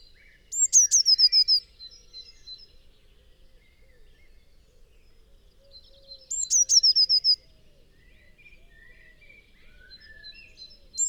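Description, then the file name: Eurasian blue tit song: two bright phrases about six seconds apart, each a high note and quick falling trill, a third just starting as it ends; soft chatter between. "Cyanistes caeruleus"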